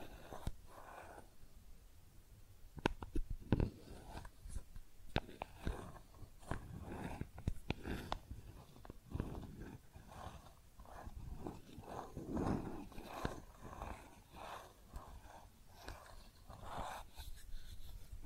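Makeup tapping and scratching: sharp clicks and taps scattered irregularly over soft rustling scratches that swell and fade throughout.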